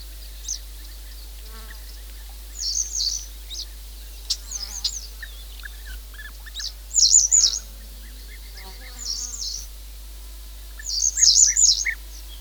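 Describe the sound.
Bird singing high, rapid, sibilant phrases every few seconds, interspersed with lower short chirps, over a constant low hum.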